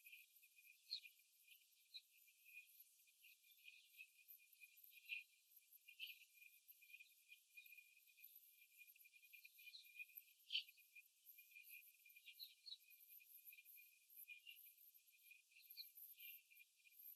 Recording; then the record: young laying hens in a cage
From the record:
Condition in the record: after the stressor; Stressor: simulated dog barking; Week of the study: 3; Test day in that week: 2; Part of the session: 1